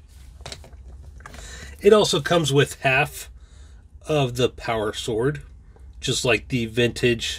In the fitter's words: and then the rest of it will just pop into place it